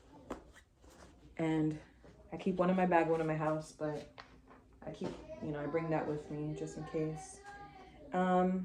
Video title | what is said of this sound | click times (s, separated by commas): Minimalistic Hospital Bag Essentials - Packed & Ready for Baby - Realistic Hospital Birth Bag | and is durable and it just snaps in place. | 0.3 s